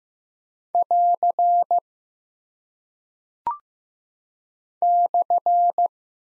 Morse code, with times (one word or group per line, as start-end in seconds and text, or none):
0.7-1.8 <AR>
4.8-5.9 /